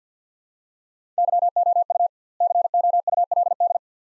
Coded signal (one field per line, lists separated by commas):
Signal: Morse code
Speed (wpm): 50 wpm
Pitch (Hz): 700 Hz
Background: none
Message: YOU COULD